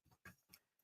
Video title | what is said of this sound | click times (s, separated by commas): Paper Trimmer Tips & Tricks | and it just kind of locks into place. | 0.3 s, 0.5 s